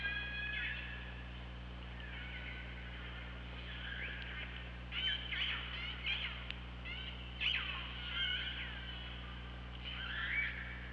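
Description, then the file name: Killer whale calls, a busy run of pulsed harmonic calls and short upswept squeals above a steady low hum. Recorded by OrcaLab hydrophone on 24 August 2017 at 15:25. "Orca Lab UTLN JASON 20170824 152509"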